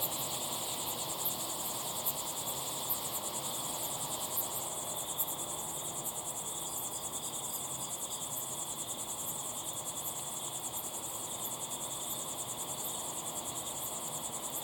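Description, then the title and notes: Crickets chirp steadily in a shrill chorus; one high tone drops out after a few seconds while other insects keep calling, with occasional faint ticks. Crickets chirping at sunset in the Timanfaya pyroclastic desert, Lanzarote; field-recorded with ambisonic equipment, converted to binaural audio with simulated slow head movements. "listen to the crickets at sunset in the incredible Timanfaya pyroclastic desert on the island of Lanzarote"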